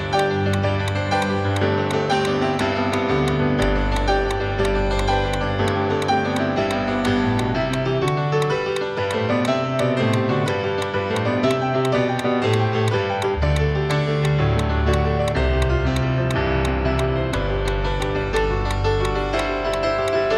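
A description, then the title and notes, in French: A steady metronome ticks at 175 beats per minute, with sharp, bright clicks evenly spaced throughout. Underneath, dense, continuous music plays at a constant level, with sustained chords and a deep bass line that changes notes every few seconds. L’entrainement consiste à courir 1h15 en endurance à 175 pas par minute en suivant le métronome.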